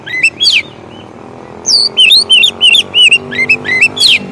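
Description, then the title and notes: Oriental magpie-robin singing a few notes, then after a short pause a quick run of clear looping whistled notes. Long-duration song intended for training birds, played day and night. "Kacer Jadi Gacor Siang Malam. Isian Kacer Durasi Panjang"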